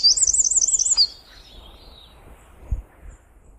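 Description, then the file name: Eurasian wren song ending, a brief very high rapid trill in the first second, followed by quiet background with a soft thump. "Troglodytes troglodytes 150202"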